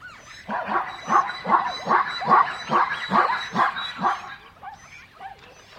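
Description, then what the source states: Dog giving a steady run of several quick barks before falling quiet. Dogs in a savannah soundscape.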